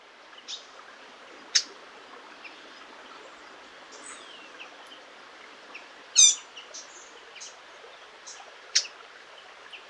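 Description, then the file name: Eurasian blackcap uttering short hard ticking calls, spaced irregularly several seconds apart, among faint high chirps and constant background hiss. "Sylvia atricapilla"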